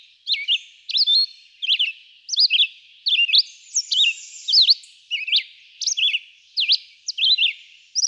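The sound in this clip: Red-eyed vireo delivering terse, sharply inflected whistled phrases one after another, each phrase varied, with brief pauses between them.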